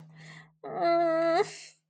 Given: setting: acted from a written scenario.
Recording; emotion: vocal sound without words; shame